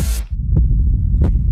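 Two dull low thumps about 0.7 seconds apart, roughly 85 a minute, over a steady deep rumbling hum. It is a heartbeat pounding in the ears, the muffled throb of one's own pulse.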